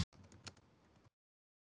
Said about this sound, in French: C'est quoi ces bruits de clavier que j'entends là